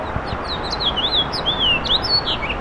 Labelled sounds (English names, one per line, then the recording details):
House Finch song
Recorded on Long Island, New York, on 7 June 2012
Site SU
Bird B